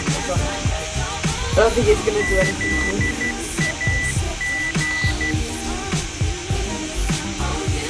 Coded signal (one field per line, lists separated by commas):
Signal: Morse code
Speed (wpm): 12 wpm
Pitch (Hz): 2000 Hz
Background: speech, music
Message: ZAG